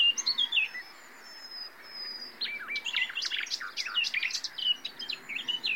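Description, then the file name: Common nightingale song opening with liquid warbles and a thin drawn-out whistle, then a stretch of rapid, varied chirping phrases. "Luscinia megarhynchos"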